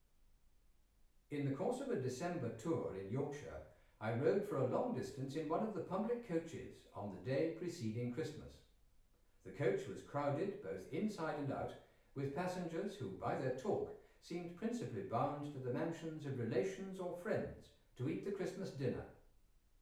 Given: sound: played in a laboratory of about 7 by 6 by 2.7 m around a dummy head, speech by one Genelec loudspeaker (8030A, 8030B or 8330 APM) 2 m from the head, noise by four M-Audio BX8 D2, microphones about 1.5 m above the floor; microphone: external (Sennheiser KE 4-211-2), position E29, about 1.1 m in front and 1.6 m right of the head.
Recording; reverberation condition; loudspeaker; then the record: male speech in English; medium; 120 degrees to the left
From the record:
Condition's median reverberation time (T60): about 510 ms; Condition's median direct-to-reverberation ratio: about -0.5 dB